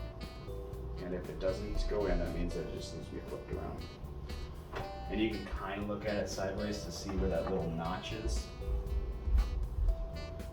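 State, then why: Not seated. A RAM memory module is held and turned to line its notch up with the key of a motherboard memory slot before it is pushed in. Someone talks over background guitar music. Nothing has seated or clicked yet.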